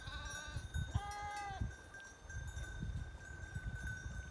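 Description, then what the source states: Sheep giving two short bleats, with a steady ringing tone over rumbling, shuffling low noise. September 2021.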